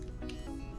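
A plastic mount on an adjustable wristband or strap for an Insta360 X5 360 camera is handled and slid toward its holder while music plays throughout. Brief handling sounds rise over the music at about 0.2 s and 0.3 s. Nothing has seated or clicked yet.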